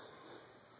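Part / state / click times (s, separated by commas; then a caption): pistol into holster retention / not seated / none. A pistol is slowly eased down into a molded Blackhawk Sportster holster, its trigger guard working toward the retention. Only a steady, even hiss is heard, with no sharp transient. Nothing has seated or clicked yet.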